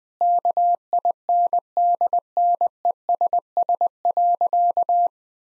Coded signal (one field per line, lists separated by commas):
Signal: Morse code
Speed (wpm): 21 wpm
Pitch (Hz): 700 Hz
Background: none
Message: KINDNESS.